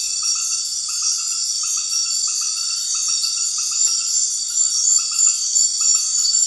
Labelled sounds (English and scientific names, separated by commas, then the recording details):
none
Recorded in secondary vegetation near Puerto Asís, Putumayo, Colombia, on 12 March 2025 at 20:30
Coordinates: 0.499, -76.323
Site G094